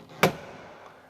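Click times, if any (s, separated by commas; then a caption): 0.2 s. A door speaker in a Chevy Trax (same as a Buick Encore), held in the car door by a metal factory retaining clip, is pulled down after its single 7 mm screw is removed. A single sharp click at 0.2 s shows the clip releasing and the speaker coming free, followed by quiet.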